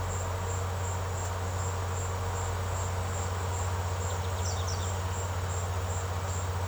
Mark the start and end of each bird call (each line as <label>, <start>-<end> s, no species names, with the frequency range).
bird call (2.2-6.7 kHz), 3.96-4.93 s